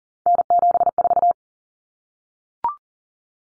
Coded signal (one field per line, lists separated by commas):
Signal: Morse code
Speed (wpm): 40 wpm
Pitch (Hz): 700 Hz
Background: none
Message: N74